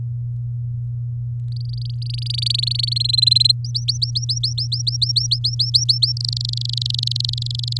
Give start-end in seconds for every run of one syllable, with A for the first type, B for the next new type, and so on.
1.52-2.94 A, 2.96-3.52 B, 3.64-6.12 C, 6.17-7.78 D